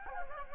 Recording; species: mosquito wingbeat signal from an infrared sensor; Anopheles gambiae